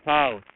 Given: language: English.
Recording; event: throat vibration sensor signal played as sound; speech